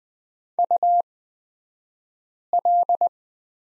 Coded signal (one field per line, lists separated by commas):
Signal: Morse code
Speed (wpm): 20 wpm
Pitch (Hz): 700 Hz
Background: none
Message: UL